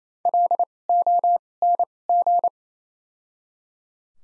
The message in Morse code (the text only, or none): LONG